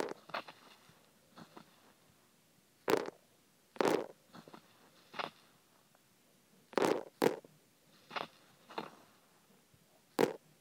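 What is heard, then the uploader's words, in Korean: Sesame seeds are pushed into an ear, making short, crisp crackling rustles. Sharp bursts come irregularly, roughly every second, the loudest near 3, 4, 7 and 10 seconds, with fainter scratchy shuffles between them and near silence in the gaps. 귀에 참깨 넣는 소리.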